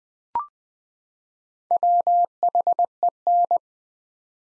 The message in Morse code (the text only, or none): WHEN